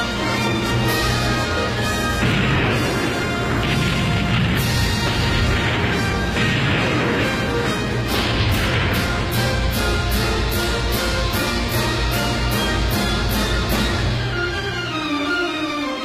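A loud orchestral climax of the 1812 Overture with brass and ringing tones, in a special version with real cannon fire: repeated booming cannon blasts strike at fairly regular intervals over the full, sustained music.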